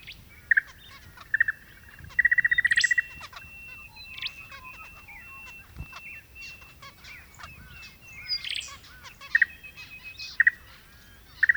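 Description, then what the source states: Zebra finches giving clear nasal trumpet-like beeps, a fast rattling burst of repeated notes around two seconds, then scattered single beeps over quieter background chatter. More than one zebra finch.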